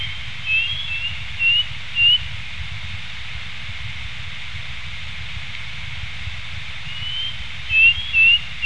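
Bird calls as brief rising whistles, a few at the start and a small cluster near the end, with long quiet gaps over steady hiss and rumble.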